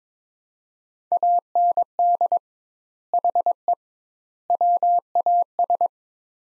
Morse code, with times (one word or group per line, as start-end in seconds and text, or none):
1.1-2.4 AND
3.1-3.7 HE
4.5-5.9 WAS